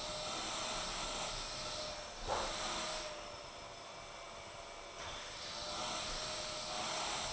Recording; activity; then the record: daily activity, microphone in the room; vacuum cleaning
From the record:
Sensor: 5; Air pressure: 999.4 hPa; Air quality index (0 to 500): 226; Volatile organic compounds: 23 ppm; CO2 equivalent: 2768 ppm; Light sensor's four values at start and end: 34/79/32/30 and 34/79/32/30